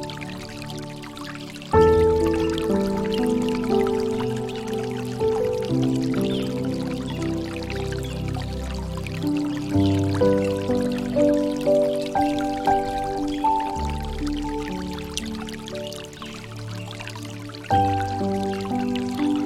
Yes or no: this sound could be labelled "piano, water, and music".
yes